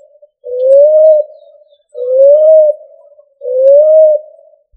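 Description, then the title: Pigeon cooing: three smooth, tonal, low notes, each rising slightly and lasting under a second, repeated about every one and a half seconds in a quiet background. "Familia Columbidae Pomba"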